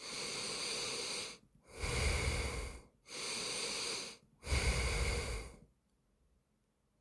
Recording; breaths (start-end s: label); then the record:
nose breathing near a microphone
0.00-1.31 s: inhalation
1.31-2.71 s: exhalation
2.71-4.11 s: inhalation
4.11-5.41 s: exhalation
From the record:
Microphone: phone